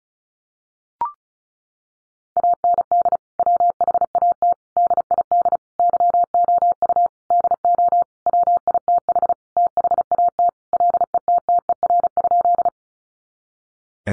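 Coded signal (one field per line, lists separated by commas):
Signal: Morse code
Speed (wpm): 34 wpm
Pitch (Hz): 700 Hz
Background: none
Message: AND WHAT DID YOU DO WITH THAT LETTER?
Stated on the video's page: Sentences from the top 300 words sent in Morse at 35 wpm for head-copy practice, each sent, spoken, then sent again.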